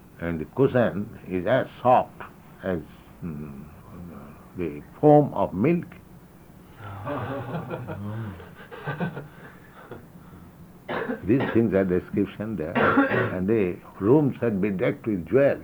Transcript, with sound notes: And the cushion is as soft as the foam of milk. [laughter] These things are description there. And the rooms are bedecked with jewels.